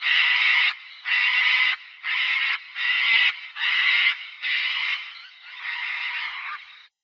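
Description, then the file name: Sulphur-crested cockatoo screeching: seven loud, broad, grating squawks in steady succession, the final one drawn out longer and slightly weaker. "cacatua galerita"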